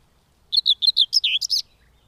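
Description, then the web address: Common whitethroat song: one brisk, scratchy warble of several notes that jump up and down in pitch, with quiet before and after. "Madardalok Mezei poszáta"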